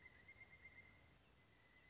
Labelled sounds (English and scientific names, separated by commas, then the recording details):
Pileated Woodpecker (Dryocopus pileatus)
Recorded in Sonoma County, California